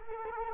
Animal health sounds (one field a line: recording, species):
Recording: mosquito wingbeat signal from an infrared sensor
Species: Culex quinquefasciatus